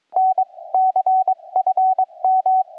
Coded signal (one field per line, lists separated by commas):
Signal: Morse code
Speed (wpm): 23 wpm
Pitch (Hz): 750 Hz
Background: none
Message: N CFM